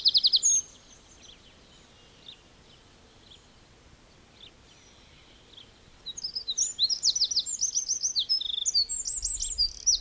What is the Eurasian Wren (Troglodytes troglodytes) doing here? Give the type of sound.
song